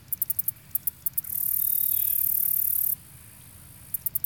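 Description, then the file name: Insect buzzing, a loud, high, steady buzz lasting about a second and a half, with sharp clicking ticks before and after. Marsh near the shore of a small lake. "kevin boucher nature insects marsh near shore small lake"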